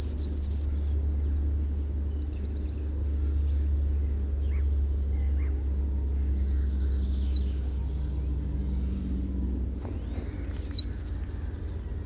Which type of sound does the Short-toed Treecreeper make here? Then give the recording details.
song. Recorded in the wild. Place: Ralswiek, Insel Rügen, Mecklenburg-Vorpommern, DE. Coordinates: 54.475, 13.446. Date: 1970-04-25. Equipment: Nagra III BH, Sennheiser MD 21, parabola. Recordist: Schubert, Michael. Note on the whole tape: Bei Ralswiek: Ges. Gartenbaumläufer E. 6,00